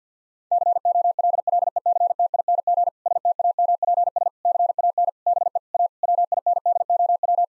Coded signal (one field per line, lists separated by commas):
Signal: Morse code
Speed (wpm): 50 wpm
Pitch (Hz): 700 Hz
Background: none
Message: COLLECTING STAMPS CAN BE A WINDOW